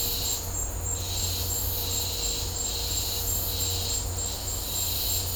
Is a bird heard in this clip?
no